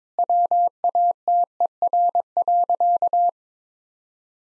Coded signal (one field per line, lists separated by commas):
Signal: Morse code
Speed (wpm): 22 wpm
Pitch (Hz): 700 Hz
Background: none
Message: WATER.